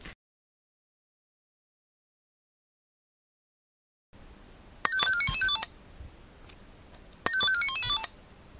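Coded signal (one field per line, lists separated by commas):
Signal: five-tone selective call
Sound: two quick musical bursts of about ten stepping tones, with hiss between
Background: radio static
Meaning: Selective calling sequence used to call a particular radio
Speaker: this I've set up with a system called cell calls which is a selective calling thing you see p.m. our radio but it sounds quite musical quite nice and interesting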